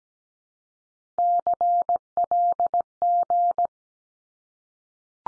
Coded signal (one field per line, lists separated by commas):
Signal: Morse code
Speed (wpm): 17 wpm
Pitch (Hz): 700 Hz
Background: none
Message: CLG